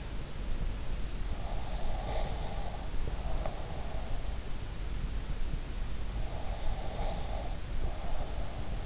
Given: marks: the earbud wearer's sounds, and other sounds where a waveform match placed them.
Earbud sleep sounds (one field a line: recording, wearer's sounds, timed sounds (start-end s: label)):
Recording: sounds in sleep by an in-ear microphone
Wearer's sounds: breath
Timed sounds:
1.55-4.21 s: breath
6.55-8.86 s: breath